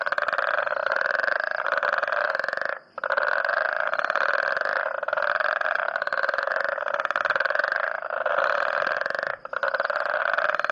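Frog calling in loud rattling pulse trains of varying length, with two clear pauses, the tone nasal and grating.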